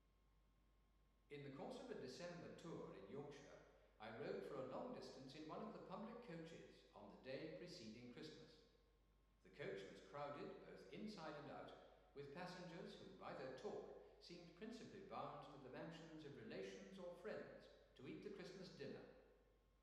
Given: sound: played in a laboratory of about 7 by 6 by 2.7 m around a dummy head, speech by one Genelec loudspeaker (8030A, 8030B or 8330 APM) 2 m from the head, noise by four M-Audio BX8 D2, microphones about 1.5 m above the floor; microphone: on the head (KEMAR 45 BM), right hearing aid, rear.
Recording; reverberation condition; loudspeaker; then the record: male speech in English; high; 90 degrees to the right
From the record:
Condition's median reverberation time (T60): about 1300 ms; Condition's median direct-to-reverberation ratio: about -4.0 dB